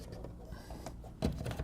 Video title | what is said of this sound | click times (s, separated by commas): 2022 Pleasure-Way Ascent TS - Orientation Walk-Through | so we'll put the cover back up. I said make sure that locks in place solid. | 1.2 s